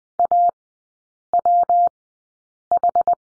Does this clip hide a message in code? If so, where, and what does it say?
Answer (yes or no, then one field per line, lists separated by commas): yes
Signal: Morse code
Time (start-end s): 0.2-3.1 s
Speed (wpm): 20 wpm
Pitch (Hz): 700 Hz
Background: none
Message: AWH